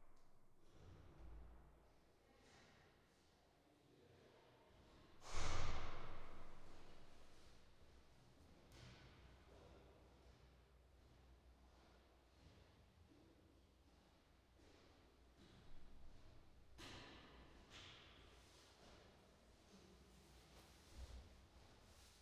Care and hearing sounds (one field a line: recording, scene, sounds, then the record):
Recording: everyday scene through a hearing-aid microphone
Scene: reverberant space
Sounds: background noise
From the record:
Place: staircase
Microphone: in the ear canal, right